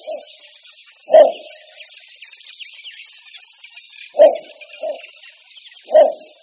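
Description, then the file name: Little bittern calling with short, low gruff barks, spaced unevenly with a softer note between, against a continuous high-pitched buzzing background. "Bukáček malý"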